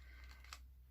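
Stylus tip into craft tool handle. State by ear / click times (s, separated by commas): seated / 0.5 s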